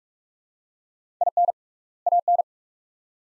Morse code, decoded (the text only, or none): IN AN